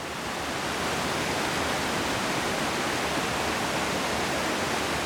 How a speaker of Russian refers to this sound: Смотрите, горная река течет очень быстро и мощно. И даже если мы не видим эту реку, а находимся где-то далеко, мы знаем, что течение такой реки очень быстрое.